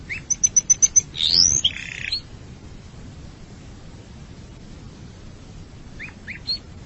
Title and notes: Suara Burung Kenari